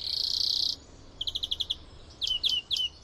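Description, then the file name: European greenfinch song: a drawn-out buzzy wheeze, then a quick run of six clipped trilled notes and three sharp downslurred chirps. "greenfinch"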